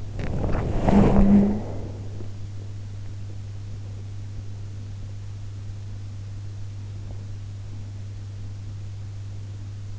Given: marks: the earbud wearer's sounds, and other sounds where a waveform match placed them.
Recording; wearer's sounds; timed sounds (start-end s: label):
sounds in sleep by an in-ear microphone; body movement
0.00-2.09 s: body movement